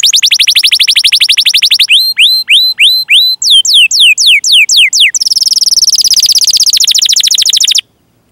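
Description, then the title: Canary belts out rapid trills, slower sweeping whistles and a fast buzzy roll before falling silent at the end. Canary singing vigorously (gacor) with its best cengkok phrasing and lavish isian fills, intended for song training by bird-keeping hobbyists. "Kenari Gacor Cengkok Terbaik Isian Paling Mewah Kenarigacor Kicaumania Kenari"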